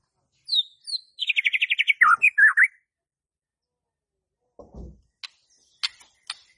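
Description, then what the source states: White-rumped shama song: a few high notes, then a fast, buzzy trill and slurred whistles, followed by quieter clicks and taps. Lure (pancingan) of a bird described as stressed and stuck (macet).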